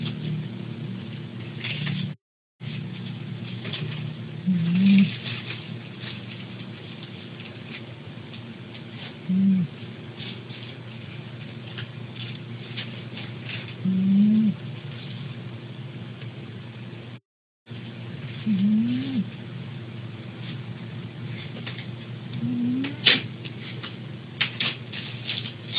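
Maimai, a sleeping pet, snores softly against a steady low hum. About every four to five seconds comes a brief squeaky, low-pitched rising snort, roughly 12 to 13 per minute. The snoring has a very unusual, almost whistling character.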